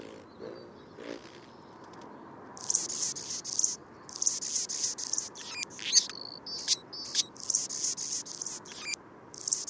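Anna's hummingbird song starting after about two seconds: thin, grating buzzes alternating with quick sharp chips, repeated in steady bursts to the end.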